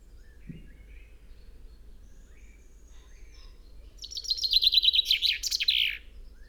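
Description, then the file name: Common chaffinch song: a quiet pause, then a bright run of descending notes ending in a brisk terminal flourish. "Fringilla coelebs"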